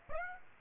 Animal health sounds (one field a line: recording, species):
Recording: mosquito wingbeat signal from an infrared sensor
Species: Aedes aegypti